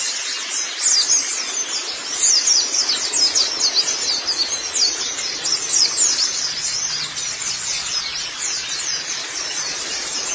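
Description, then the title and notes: White-eye: high, squeaky twittering, continuous and hurried, with quick chirps tumbling over one another. "Kicauan Burung Pleci Durasi Panjang. Suara kicauan burung pleci"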